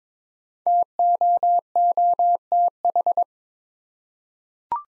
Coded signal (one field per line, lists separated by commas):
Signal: Morse code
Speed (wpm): 22 wpm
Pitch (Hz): 700 Hz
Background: none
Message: TOOTH